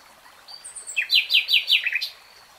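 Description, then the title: Nightingale song: a few faint high notes, then four loud repeated notes in quick succession, closing with a short flourish. Three-hour real-time recording. "[Tiếng chim hót] REALTIME Nightingale Singing"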